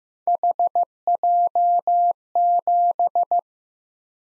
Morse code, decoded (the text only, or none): HJ7